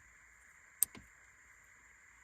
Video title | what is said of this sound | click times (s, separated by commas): How To Install An Aftermarket Radio In A 2004 Chrysler Crossfire - DIY #crossfire | see it clicks right in there | 0.8 s